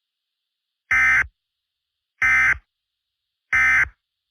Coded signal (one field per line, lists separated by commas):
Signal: Emergency Alert System (SAME) tones